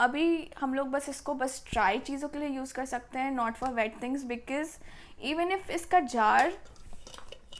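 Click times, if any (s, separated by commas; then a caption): 7.1 s, 7.3 s. A woman talks while twisting a blender jar into its locking base, producing short clicks at 7.1, 7.1 and 7.3 seconds as it seats. The jar locks fully, though it leaks when the blender is run.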